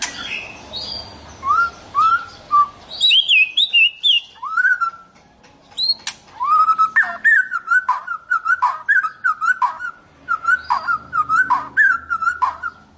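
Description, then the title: White-rumped shama song: repeated slurred whistles with sharp clicking notes, phrases tumbling quickly one after another. "Kicau Murai Batu"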